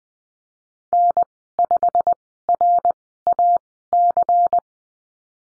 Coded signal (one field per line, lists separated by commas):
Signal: Morse code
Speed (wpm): 20 wpm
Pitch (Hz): 700 Hz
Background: none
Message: N5RAC